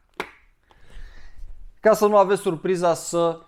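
The sliding button for the internal sun visor on an HJC RPHA 70 motorcycle helmet shell is pushed all the way to its end, and the visor locks in the fully lowered position with a sharp click at 0.2 s. The button has to go fully to the end because otherwise vibration while riding makes the visor creep. A soft rustle follows, then someone talks.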